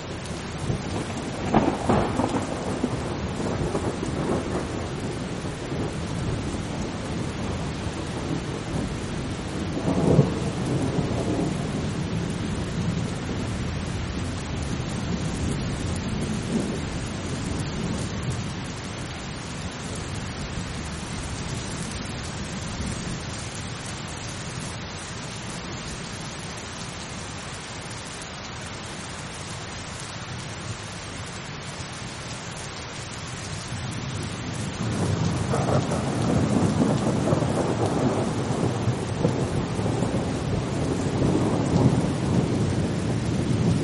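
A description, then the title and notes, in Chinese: A thunderstorm with calm, steady rain hissing evenly throughout. Low, rolling thunder rumbles in the distance near the start, around ten seconds and again mid-clip, then swells into a longer, louder roll over the last ten seconds. 助眠雷雨声：平静的雨。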